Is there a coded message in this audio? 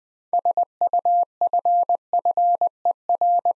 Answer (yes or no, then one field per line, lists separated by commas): yes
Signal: Morse code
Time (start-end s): 0.3-3.5 s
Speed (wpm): 20 wpm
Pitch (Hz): 700 Hz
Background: none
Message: SUFFER